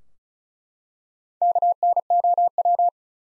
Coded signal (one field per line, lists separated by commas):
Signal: Morse code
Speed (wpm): 36 wpm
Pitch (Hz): 700 Hz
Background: none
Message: KNOW